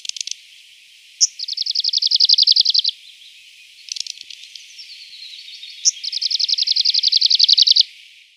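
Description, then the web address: Arctic warbler song: two fast, buzzy trills, each introduced by a sharp call note, with brief scratchy bursts before and between them. "Schulze Peter Arctic Warbler"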